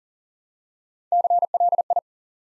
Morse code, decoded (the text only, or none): CLI